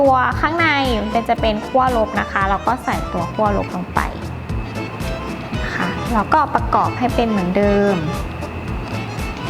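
The plastic case halves of a Mazda car remote key fob are being handled after its coin cell battery is replaced. Someone talks over background music as the halves are brought back together, but nothing has seated or clicked yet.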